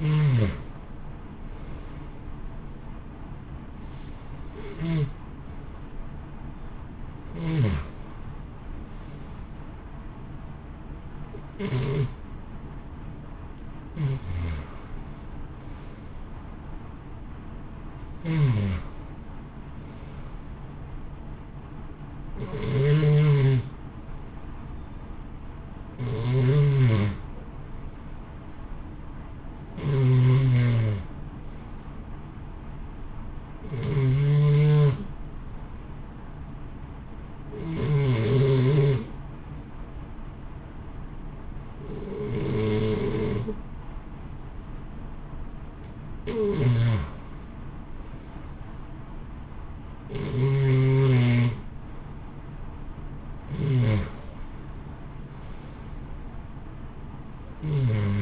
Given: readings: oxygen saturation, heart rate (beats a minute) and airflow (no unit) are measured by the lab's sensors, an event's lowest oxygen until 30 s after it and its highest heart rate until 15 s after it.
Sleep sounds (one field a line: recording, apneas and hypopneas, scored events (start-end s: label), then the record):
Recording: breathing in sleep by a smartphone at the bedside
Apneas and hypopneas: 1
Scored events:
30.00-54.20 s: hypopnea (N1, oxygen 93% highest, then 88% lowest, heart rate 59 at the start, 63 highest)
35.00-58.22 s: new sleep stage, REM sleep
From the record:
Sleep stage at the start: N1 (lightest sleep)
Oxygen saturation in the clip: 66 to 94%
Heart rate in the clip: 59 to 63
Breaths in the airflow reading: 19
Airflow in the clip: -0.8 to 1.1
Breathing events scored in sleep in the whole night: 328 in 6.3 hours asleep